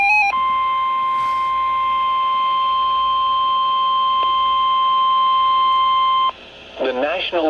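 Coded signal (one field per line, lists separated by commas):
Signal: Emergency Alert System (SAME) tones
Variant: 1050 Hz attention tone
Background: speech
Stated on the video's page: Received from NOAA weather radio transmitter KXI89.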